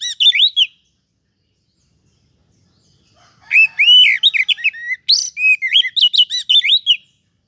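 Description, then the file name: Oriental magpie-robin song, a short whistled phrase, a pause, then a long energetic sequence of varied loud whistles, slurred notes and chattering. "Suara Kacer"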